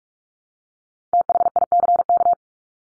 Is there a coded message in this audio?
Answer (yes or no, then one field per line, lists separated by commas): yes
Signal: Morse code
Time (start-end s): 1.1-2.3 s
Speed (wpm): 44 wpm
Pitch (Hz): 700 Hz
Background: none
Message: THICK